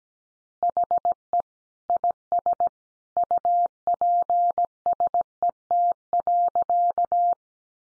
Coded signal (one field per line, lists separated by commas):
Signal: Morse code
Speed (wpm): 17 wpm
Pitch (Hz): 700 Hz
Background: none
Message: HE IS UPSET.